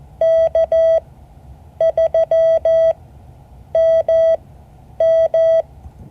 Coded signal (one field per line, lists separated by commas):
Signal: Morse code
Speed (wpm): 14 wpm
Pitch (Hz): 650 Hz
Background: none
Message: K3MM